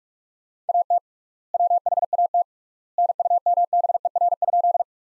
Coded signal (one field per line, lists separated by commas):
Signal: Morse code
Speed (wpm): 42 wpm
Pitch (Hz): 700 Hz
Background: none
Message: AT WHAT NUMBER?